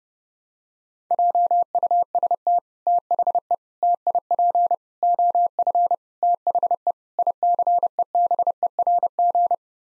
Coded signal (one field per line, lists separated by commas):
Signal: Morse code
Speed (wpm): 32 wpm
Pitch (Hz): 700 Hz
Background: none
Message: JUST THE TIP OF THE ICEBERG